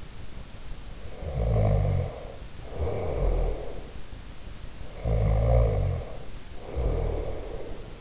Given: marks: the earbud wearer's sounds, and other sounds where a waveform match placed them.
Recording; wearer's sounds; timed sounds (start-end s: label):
sounds in sleep by an in-ear microphone; snoring breath
1.10-3.98 s: snoring breath
4.84-8.01 s: snoring breath